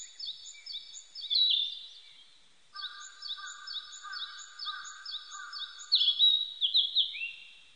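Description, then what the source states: Narcissus flycatcher: bright repeated high notes, a lower series of repeated tones beneath them, then a loud, falling whistled phrase near the end. Recorded on 25 April 1998.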